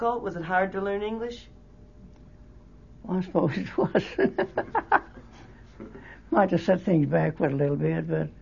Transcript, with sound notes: Was it hard to learn English?
Well, I suppose it was. (laughs) Might have said things backward a little bit, but